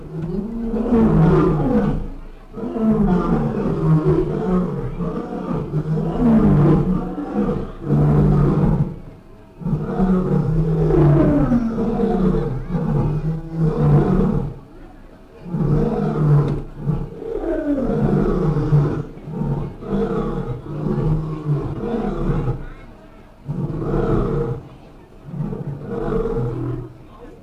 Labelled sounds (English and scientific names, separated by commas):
Lion (Panthera leo) call